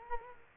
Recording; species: mosquito wingbeat signal from an infrared sensor; Culex quinquefasciatus